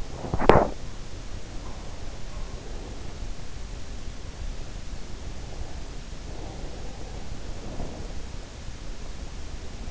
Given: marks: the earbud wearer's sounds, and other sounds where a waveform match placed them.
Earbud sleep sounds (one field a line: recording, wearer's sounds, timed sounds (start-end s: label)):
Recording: sounds in sleep by an in-ear microphone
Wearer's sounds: teeth grinding, breath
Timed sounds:
0.00-1.09 s: teeth grinding
5.03-8.97 s: breath